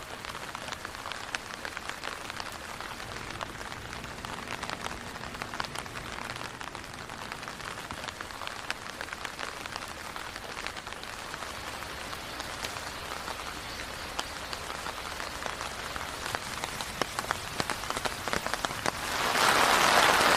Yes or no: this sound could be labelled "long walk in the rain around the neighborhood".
yes